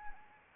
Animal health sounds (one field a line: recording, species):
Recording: mosquito wingbeat signal from an infrared sensor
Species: Anopheles arabiensis